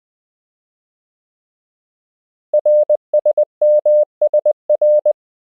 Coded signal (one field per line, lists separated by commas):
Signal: Morse code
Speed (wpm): 20 wpm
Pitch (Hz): 600 Hz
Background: none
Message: RSMSR